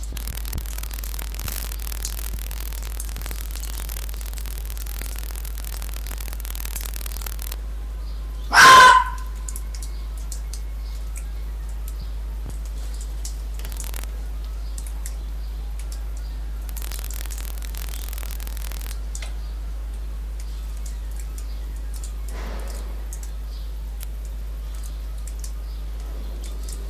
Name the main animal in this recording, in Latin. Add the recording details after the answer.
Vulpes lagopus. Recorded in captivity. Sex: male. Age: adult. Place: Zoologisches Institut der HUB, Berlin, DE. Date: 1957-03-16. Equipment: Elmetra. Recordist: Tembrock, Günter